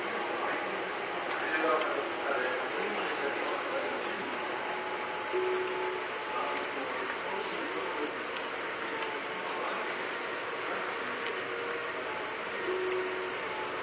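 Steady, dense rumble from inside a moving commuter train, holding an even level throughout. A faint motor whine runs underneath, with short higher tones rising briefly around five and twelve seconds, and indistinct voices murmuring in the background.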